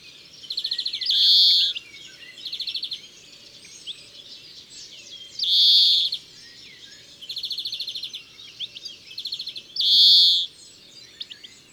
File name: Verdier-d Europe